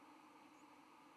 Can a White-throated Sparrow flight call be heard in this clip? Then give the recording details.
no. Another species' flight call is heard. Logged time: 07:04 on 31 October 2014